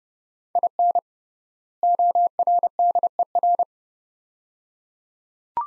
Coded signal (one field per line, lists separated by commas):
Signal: Morse code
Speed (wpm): 29 wpm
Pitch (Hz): 700 Hz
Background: none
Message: IN ORDER